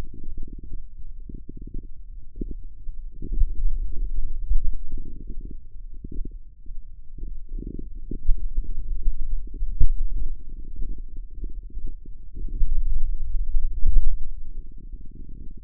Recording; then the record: forearm muscle sounds (acoustic myography)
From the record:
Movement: pen grasping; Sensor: system 2, bracelet of six BSWA MPA416 microphones around the upper forearm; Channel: 6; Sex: male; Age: 22 years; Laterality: right